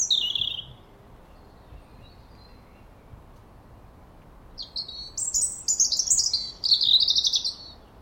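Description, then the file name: European robin song: a high thin phrase at the start, a pause, then a longer fluid run of rapid, warbling and trilled notes, wavering up and down, quiet background. "Erithacus rubecula"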